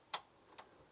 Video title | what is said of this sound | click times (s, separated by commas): THIS MOD OPENS YOUR BOOT ON ANY CAR **AUTOMATICALLY** MK2 FOCUS ST/RS INSTALL! 5 MIN JOB….. | and lock it into place, like so. | 0.1 s